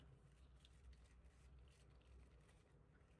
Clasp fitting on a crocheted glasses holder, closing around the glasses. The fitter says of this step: Wenn Sie es so hinlegen, macht es Klick